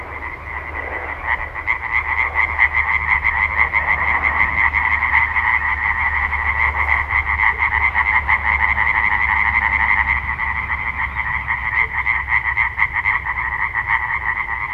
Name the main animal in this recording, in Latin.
Hyla arborea